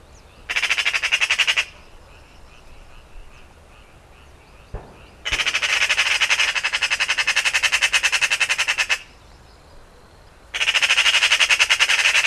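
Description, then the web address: Eurasian Magpie rattling chatter in three bursts, the middle one nearly four seconds long, each made of rapid grating notes; a faint click between bursts. "Ocells Cultura Urraca común"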